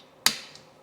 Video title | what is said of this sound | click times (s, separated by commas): Toyota Corolla Wiper Blade Change (Costco Michelin) | it'll start to slide into place you'll hear and feel that nice click | 0.3 s